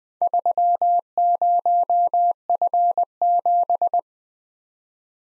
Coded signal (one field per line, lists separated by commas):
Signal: Morse code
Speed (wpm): 20 wpm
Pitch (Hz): 700 Hz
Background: none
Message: 30F7